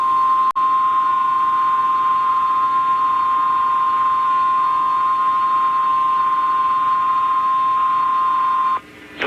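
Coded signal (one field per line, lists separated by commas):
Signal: Emergency Alert System (SAME) tones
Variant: 1050 Hz attention tone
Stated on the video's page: Tornado Warning relayed on WXXL.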